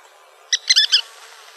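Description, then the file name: Western kingbird call, a quick sputter of about four sharp notes run together. Calls recorded in Arizona. "WEKI CALLS deviche"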